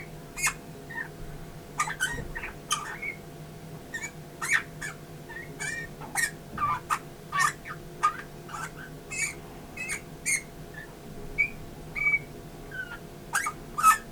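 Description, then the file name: Eurasian bullfinch giving brief, soft whistled pipes, some slightly downslurred, repeated irregularly every second or so, mixed with frequent sharp clicks over a constant low hum. "Pyrrhula pyrrhula"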